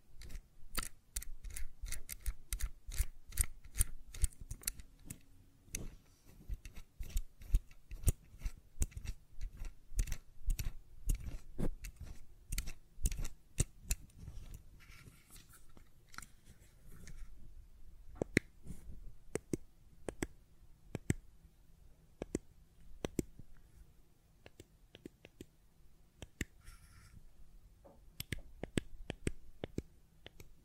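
A fidget cube is tapped and clicked in rapid, irregular bursts of sharp snaps, dense early on, then sparser after fifteen seconds over a low hum.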